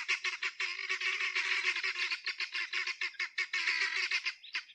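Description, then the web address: Guineafowl giving harsh, rasping calls in quick bursts, chattering irregularly throughout with short pauses between notes. "aswat Dajaj Genia"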